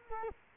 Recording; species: mosquito wingbeat signal from an infrared sensor; Culex quinquefasciatus